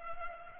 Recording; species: mosquito wingbeat signal from an infrared sensor; Culex pipiens